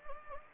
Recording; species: mosquito wingbeat signal from an infrared sensor; Anopheles gambiae